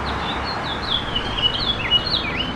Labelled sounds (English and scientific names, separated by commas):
House Finch (Haemorhous mexicanus) song